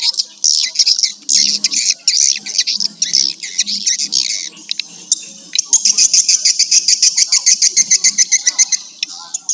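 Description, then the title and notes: Swiftlet calls, loud chattering bursts followed by a long run of rapid evenly spaced clicks, with faint low sounds underneath. Used for swiftlet farming in Asia. "Swiflet Bird Sound. Farming Swiflet Bird asia sound"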